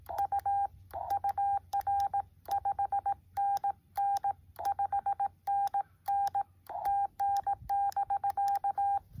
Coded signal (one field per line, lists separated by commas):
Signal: Morse code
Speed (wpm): 18 wpm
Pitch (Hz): 800 Hz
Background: none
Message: U UR 5NN 5NN TN<BK>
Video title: Parks on the Air Morse Code contact with N4CD, TX #HamRadio